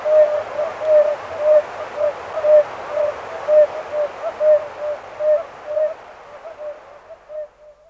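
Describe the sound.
Oriental fire-bellied toad calls, a series of mellow hoots, becoming quieter and trailing off toward the end.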